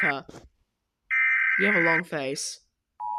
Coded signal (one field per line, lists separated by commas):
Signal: Emergency Alert System (SAME) tones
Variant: header bursts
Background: speech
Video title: Eas Alarms Animated RETURN Part 11